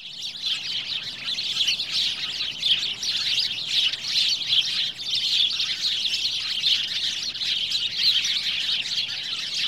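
Birds chirping in a dense, continuous chorus of high, overlapping twittering notes that stays steady throughout.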